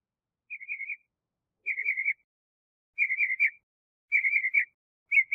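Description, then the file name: Northern mockingbird singing a warbled, wavering phrase repeated several times at roughly one-second intervals, in otherwise quiet surroundings. "Mimus polyglottos"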